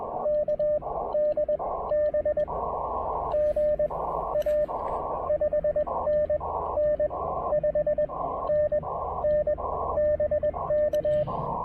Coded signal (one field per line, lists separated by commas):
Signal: Morse code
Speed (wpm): 20 wpm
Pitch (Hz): 600 Hz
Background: radio noise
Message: KD B GA 5NN 5NN BK